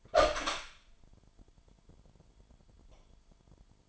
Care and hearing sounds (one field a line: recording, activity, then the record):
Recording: daily activity, microphone in the room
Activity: open door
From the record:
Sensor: 5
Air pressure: 998.5 hPa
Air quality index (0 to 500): 82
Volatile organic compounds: 1 ppm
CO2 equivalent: 939 ppm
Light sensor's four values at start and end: 31/76/31/35 and 31/77/32/35